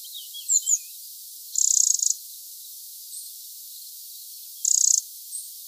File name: Troglodytes troglodytes